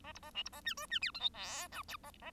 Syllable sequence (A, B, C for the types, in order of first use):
A B A C B A D E D F G H I J K A A